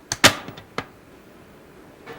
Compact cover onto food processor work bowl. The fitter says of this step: use both hands to turn the cover counterclockwise until it clicks